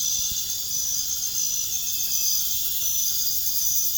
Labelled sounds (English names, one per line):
none